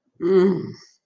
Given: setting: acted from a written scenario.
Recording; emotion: vocal sound without words; desire